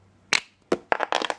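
A knife is pushed through the gap under a pressed metal eyeshadow pan to pry it out of its plastic compact pot, making short scraping and cracking bursts around 0.3 s and 0.7 s. A sharp pop at 0.9 s marks the pan coming free, followed by a quick run of light clicks and rattles through 1.3 s. The pan is released from its pot.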